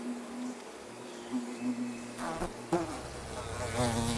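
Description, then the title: Bluebottle fly buzz, a steady low hum broken by short sharp crackles near the middle, then resuming with a richer, wavering drone. Bluebottle fly, agile flier and pollinator. "What The Phaune - Tiny Tunes - Bluebottle Fly"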